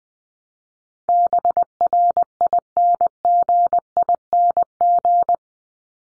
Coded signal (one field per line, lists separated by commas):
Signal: Morse code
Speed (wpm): 20 wpm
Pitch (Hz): 700 Hz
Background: none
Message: BRINGING